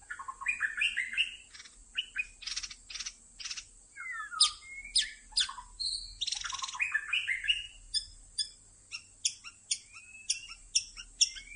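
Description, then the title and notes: White-rumped shama song, a dense run of varied whistled phrases, slurred notes and crisp chips, the later part a series of sharp notes roughly every half second. Lure (pikat) recording made for attracting birds. "MB Pikat. murai batu"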